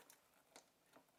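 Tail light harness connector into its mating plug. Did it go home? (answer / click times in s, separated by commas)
no / none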